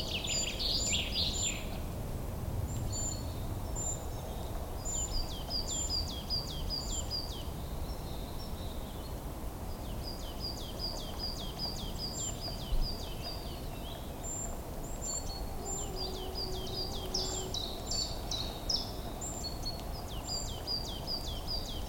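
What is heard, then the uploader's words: Birds chirp in quick, bright runs of repeated notes, several voices overlapping with short pauses between bursts. Underneath lies a steady low rumble of noise, fairly dense and constant, with a brief faint hum near the middle. One HourOf Birds Chirping.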